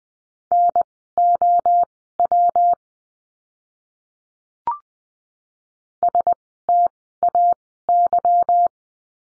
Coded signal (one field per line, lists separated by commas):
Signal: Morse code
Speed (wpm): 20 wpm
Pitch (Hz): 700 Hz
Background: none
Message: NOW STAY